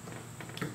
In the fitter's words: that and just press down you hear it snap now